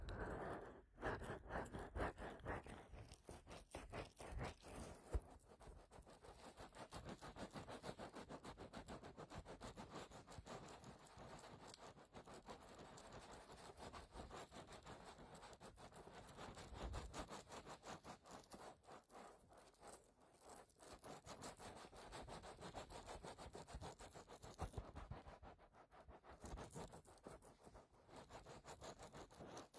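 An ear-cleaning massage: dense, continuous scratching and rubbing runs the whole way, made of rapid, closely packed strokes with a rough, rasping edge. It is loudest in the first couple of seconds, then settles to a steady level, briefly easing around 25 seconds.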